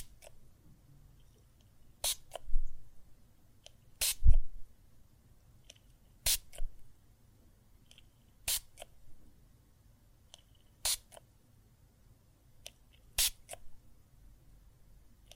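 Soapy foam and water make sharp, crackling squishes that recur at a steady pace, roughly every two seconds. Each burst is bright and brief, some with a soft low thud beneath, and faint small pops and ticks fill the quiet gaps between them.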